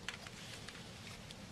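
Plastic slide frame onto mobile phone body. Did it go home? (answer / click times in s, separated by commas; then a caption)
no / none. During an LCD replacement on an LG Neon phone, the plastic slide frame is handled and fitted onto the handset body, pressed down toward place. Brief light taps and rustles come through over a steady low hum, at 0.1, 0.3, 0.7 and 1.3 seconds. The frame has not snapped into place yet, and nothing has seated.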